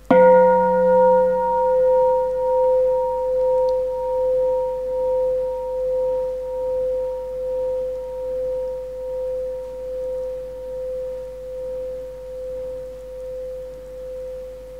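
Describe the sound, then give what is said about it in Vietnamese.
A single deep bell stroke, the third bell of a Buddhist recitation, rings out with a sharp attack, then its steady humming tones slowly fade over about fifteen seconds with a gentle pulsing waver, no voices present. “Nghe tiếng chuông thứ ba, đem tất cả tấm lòng chân thành cung kính hướng về Hiền Thánh Tăng.”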